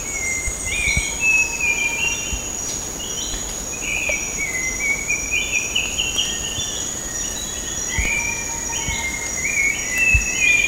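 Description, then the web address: Grey-cheeked bulbul calling with repeated warbling phrases that rise and drop, several overlapping, set against a continuous high insect whine. Recorded at Sepilok on 6 August 2009. "SEPILOK 20090806. grey-cheeked bulbul"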